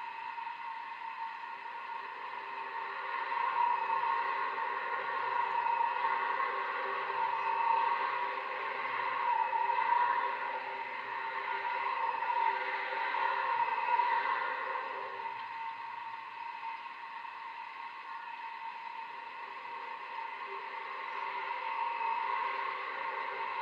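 An eerie, monster-like groan rises as cars pass, heard here as a sustained, layered whining tone in the middle and upper range. It swells slightly around ten and fourteen seconds; a lower layer drops out near fifteen seconds, leaving a thinner drone.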